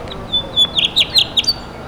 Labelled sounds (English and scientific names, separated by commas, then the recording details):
House Finch (Haemorhous mexicanus) song
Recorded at East Quogue on Long Island, New York, on 29 May 2013
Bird A